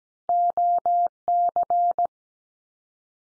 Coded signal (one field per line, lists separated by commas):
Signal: Morse code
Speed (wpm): 17 wpm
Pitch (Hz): 700 Hz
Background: none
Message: OC